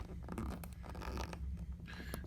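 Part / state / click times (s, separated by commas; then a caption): small screw into laptop battery/plastic mount / stripped / none. A small screw is driven into the plastic mount of a replacement MacBook Pro battery (A1494/A1398) while the plastic is pushed up so the screw can reach its hole. There is a raspy, zipper-like scraping and grinding, with brief sharp ticks at about 0.4, 1.2, 1.3 and 2.2 seconds. Nothing seats or clicks into place; the screw strips.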